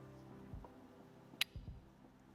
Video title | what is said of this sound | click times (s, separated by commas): This AVCS Cam Gear Was A Problem. | That's a very satisfying click. It goes right in. | 1.4 s